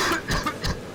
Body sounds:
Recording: coughing mixed with background sound

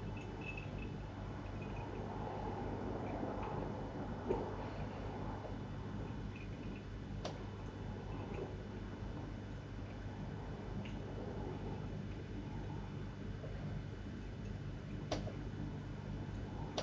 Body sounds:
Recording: background sound without coughing

